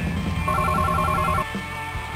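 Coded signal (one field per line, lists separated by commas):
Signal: none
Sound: game phone ringing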